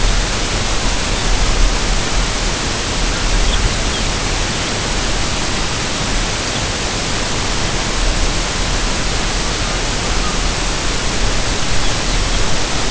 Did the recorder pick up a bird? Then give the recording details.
yes. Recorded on Arctic tundra, site UTQI-5, on 25 June 2018. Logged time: 10:00